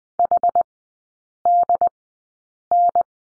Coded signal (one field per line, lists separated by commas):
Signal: Morse code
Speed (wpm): 20 wpm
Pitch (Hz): 700 Hz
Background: none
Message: H D N